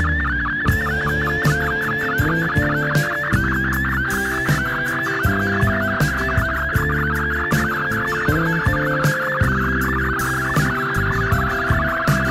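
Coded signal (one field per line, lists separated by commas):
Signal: multi-tone FSK (Olivia or MFSK type)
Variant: MFSK64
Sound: fast warbling burble of many hopping tones in a narrow band, over soft music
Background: background music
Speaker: in the last two minutes of this video i'm going to show you an image that was sent on story radiogram on september 25th 2020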